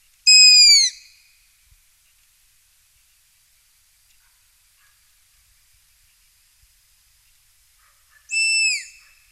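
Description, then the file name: Striped owl calling twice about eight seconds apart, each a short, high whistled note that slurs downward at its close, with silence between. "Striped Owl Asio clamator"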